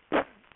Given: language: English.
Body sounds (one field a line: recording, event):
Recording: throat vibration sensor signal played as sound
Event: cough